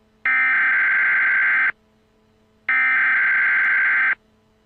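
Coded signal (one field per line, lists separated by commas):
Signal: Emergency Alert System (SAME) tones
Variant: header bursts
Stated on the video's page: Fictional scenario alert, not a real broadcast.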